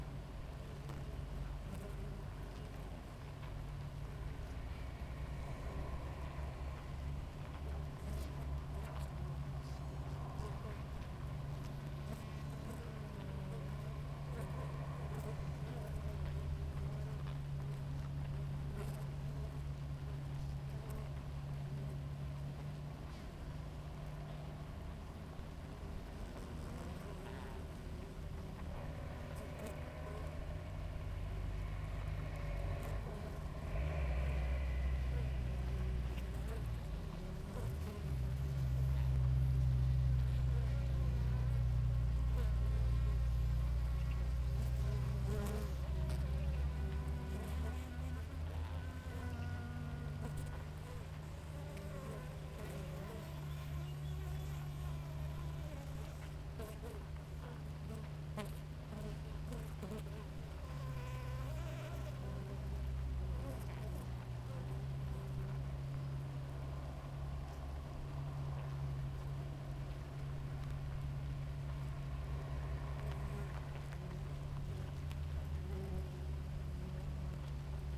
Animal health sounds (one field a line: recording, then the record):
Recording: honeybee colony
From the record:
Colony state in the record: active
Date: 28 July 2017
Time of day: 5:30